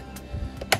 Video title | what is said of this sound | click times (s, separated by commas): خطوة بخطوة صيانة Lenovo Ideapad 110-15isk #Replacement #HDD To #SSD + New #Keyboard And #Cleaning | ما نتغلب باي شي بنبلش بالملاقط زي ما انتم شايفين تك وهي | 0.7 s